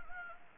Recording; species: mosquito wingbeat signal from an infrared sensor; Anopheles gambiae